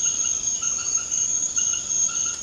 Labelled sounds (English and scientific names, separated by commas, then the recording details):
none
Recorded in secondary vegetation near Puerto Asís, Putumayo, Colombia, on 30 June 2025 at 20:30
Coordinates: 0.500, -76.326
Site GP08